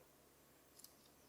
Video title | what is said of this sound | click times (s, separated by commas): Outdoor Edge RazorLite 3.5 Review - Best Knife on the Market? | notch in there yeah and it clicks right in and you're good to go | 0.8 s